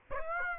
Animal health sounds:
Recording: mosquito wingbeat signal from an infrared sensor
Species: Aedes aegypti

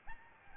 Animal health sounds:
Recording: mosquito wingbeat signal from an infrared sensor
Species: Aedes albopictus

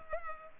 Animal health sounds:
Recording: mosquito wingbeat signal from an infrared sensor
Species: Culex pipiens

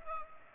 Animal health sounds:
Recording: mosquito wingbeat signal from an infrared sensor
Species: Culex pipiens

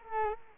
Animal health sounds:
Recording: mosquito wingbeat signal from an infrared sensor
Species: Culex quinquefasciatus

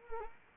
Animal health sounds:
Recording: mosquito wingbeat signal from an infrared sensor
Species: Anopheles arabiensis

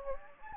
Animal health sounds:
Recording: mosquito wingbeat signal from an infrared sensor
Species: Anopheles gambiae

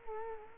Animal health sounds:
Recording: mosquito wingbeat signal from an infrared sensor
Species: Culex quinquefasciatus

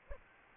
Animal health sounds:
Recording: mosquito wingbeat signal from an infrared sensor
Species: Anopheles arabiensis

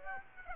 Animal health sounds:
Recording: mosquito wingbeat signal from an infrared sensor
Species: Aedes aegypti

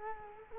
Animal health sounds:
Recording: mosquito wingbeat signal from an infrared sensor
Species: Culex quinquefasciatus

